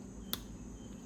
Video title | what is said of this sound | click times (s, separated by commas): BMW S54 ITB REBUILD: Individual Throttle Body Service and Maintenance | you heard it just snap into place so now this assembly | 0.3 s